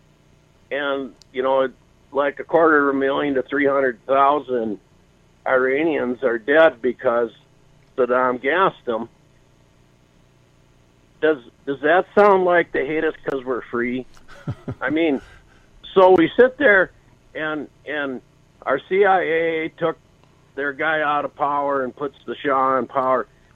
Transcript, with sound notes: and, you know, like a quarter of a million to 300,000 Iranians are dead because Saddam gassed them. Does, does that sound like they hate us 'cause we're free?
(laughs)
I mean, so we sit there and, and our CIA took their guy out of power and puts the Shah in power.